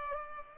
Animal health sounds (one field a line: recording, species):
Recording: mosquito wingbeat signal from an infrared sensor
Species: Culex pipiens